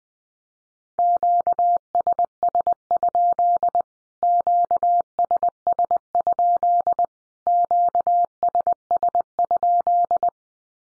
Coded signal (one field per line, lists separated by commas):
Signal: Morse code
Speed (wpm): 19 wpm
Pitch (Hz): 700 Hz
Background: none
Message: QSS? QSS? QSS?